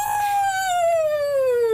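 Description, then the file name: Wolf howl, a single smooth tonal note that slides gradually downward in pitch from start to finish. "canto do lobo"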